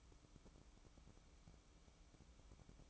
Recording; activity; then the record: daily activity, microphone in the room; take from stove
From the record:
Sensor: 1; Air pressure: 1008.1 hPa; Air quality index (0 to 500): 135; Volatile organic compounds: 2 ppm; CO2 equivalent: 1134 ppm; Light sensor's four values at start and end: 8/19/8/8 and 8/19/8/8